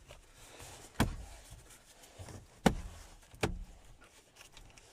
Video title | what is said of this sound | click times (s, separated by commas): Mitsubishi radio repair | And it just snaps into place. | 1.0 s, 2.7 s